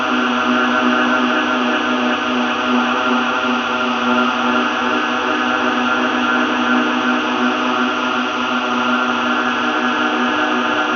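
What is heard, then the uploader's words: A dense, unbroken chorus of frogs hums and trills at an even level for the whole stretch, layered into many steady tones from a low drone up to a bright shimmer. The sound feels full, with no single call standing out and no pauses. The recording of frogs in Thailand reminded me of a shaky canon. To reinforce this I used a sampler to layer the sample gradually added delay. Otherwise, the recording was not cut and no additional sounds were added. Thai frogs reimagined by Nihad El-Kayed.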